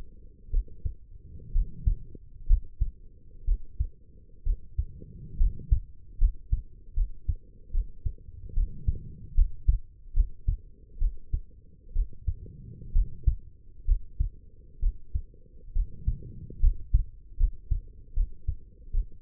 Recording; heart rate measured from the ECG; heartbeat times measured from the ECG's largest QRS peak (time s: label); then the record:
heart sounds by stethoscope; 68 bpm
0.50 s: heartbeat
1.52 s: heartbeat
2.46 s: heartbeat
3.44 s: heartbeat
4.43 s: heartbeat
5.37 s: heartbeat
6.18 s: heartbeat
6.94 s: heartbeat
7.71 s: heartbeat
8.53 s: heartbeat
9.34 s: heartbeat
10.13 s: heartbeat
10.98 s: heartbeat
11.93 s: heartbeat
12.92 s: heartbeat
13.85 s: heartbeat
14.79 s: heartbeat
15.72 s: heartbeat
16.60 s: heartbeat
17.37 s: heartbeat
18.13 s: heartbeat
18.91 s: heartbeat
From the record:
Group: healthy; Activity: rest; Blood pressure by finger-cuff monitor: 104/67 mmHg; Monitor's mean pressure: 77 mmHg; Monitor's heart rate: 72 bpm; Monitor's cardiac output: 5.5 L/min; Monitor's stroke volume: 78 mL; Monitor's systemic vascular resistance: 1040 dyn s/cm5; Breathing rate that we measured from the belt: 16 breaths a minute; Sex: female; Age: 23 years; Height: 160 cm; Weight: 50.4 kg